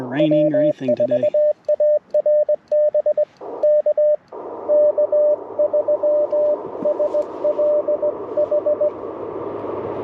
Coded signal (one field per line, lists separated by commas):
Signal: Morse code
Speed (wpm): 20 wpm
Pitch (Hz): 590 Hz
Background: speech, radio noise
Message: W4ARB K K3SLH